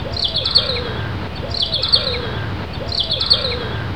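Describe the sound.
Bird chirps: a short cluster of high twittering notes with a lower slurred note, repeated identically three times over steady low rumbling noise.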